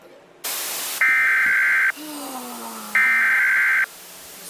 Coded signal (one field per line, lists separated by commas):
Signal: Emergency Alert System (SAME) tones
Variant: header bursts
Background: speech